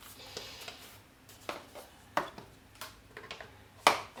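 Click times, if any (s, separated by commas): 3.9 s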